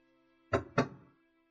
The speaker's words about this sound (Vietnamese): Hai anh em đang nói chuyện thì bên ngoài có tiếng gõ cửa. Là ai vậy?